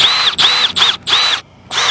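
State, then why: Stripped. A power drill drives a mounting screw into a slide topper bracket hole on an RV sidewall, heard as five short bursts of high-pitched whine with brief pauses between them. The screw just spins without biting because the hole is completely stripped out after the wrong screws were used, and nothing has seated or clicked yet.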